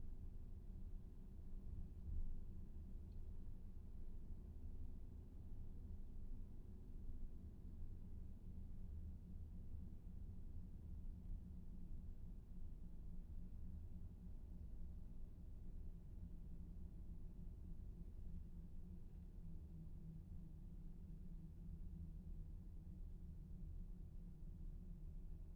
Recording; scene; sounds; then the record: everyday scene through a hearing-aid microphone; in a vehicle; engine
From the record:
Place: VW T5 Caravelle, diesel engine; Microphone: behind the ear, left, rear